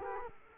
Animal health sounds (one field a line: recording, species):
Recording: mosquito wingbeat signal from an infrared sensor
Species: Culex quinquefasciatus